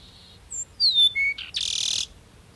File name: Sturnella bellicosa - Peruvian Meadowlark